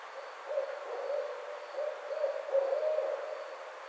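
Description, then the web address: Barred owl giving a soft, even series of low hoots at a steady pace. Recorded 29 May 2009. "Barred Owl 2009 05 29 Barred Owl"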